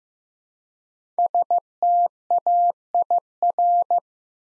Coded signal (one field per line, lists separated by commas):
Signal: Morse code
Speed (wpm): 15 wpm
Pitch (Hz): 700 Hz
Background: none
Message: STAIR